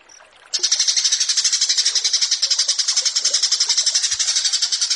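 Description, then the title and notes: Horsfield's bush lark: after a short faint note, an unbroken, fast train of buzzy high-pitched pulses runs to the end. Bird-keeping song tutoring recording (masteran) of branjangan. "Branjangan VS BURGER Masteran. burung BRANJANGAN"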